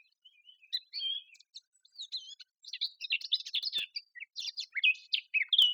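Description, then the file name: Eurasian blackcap song: a rambling, varied warble of scratchy twitters and short whistles, growing denser and louder toward the end. "Sylvia atricapilla"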